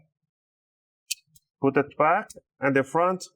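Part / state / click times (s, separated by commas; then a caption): plastic top cover onto game console chassis / seated / 1.1 s. The back end of a plastic top cover is pushed down onto a PlayStation 5 Slim CFI-2000 console chassis, the same way as the first cover, and it clicks in at 1.1 s, followed by a faint tap at 1.4 s. Someone then talks. The cover is seated.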